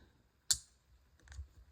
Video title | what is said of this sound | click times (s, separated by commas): These 3 knives really impressed me! | it's kind of hard to pick up from this but you guys can hear it snapping into place | 0.5 s